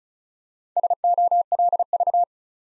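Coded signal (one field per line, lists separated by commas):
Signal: Morse code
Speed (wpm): 36 wpm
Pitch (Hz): 700 Hz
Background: none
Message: SOLV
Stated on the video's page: 35 wpm Morse practice building five-letter words one letter at a time, aimed at instant character recognition.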